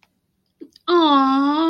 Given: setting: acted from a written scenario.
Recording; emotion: vocal sound without words; adoration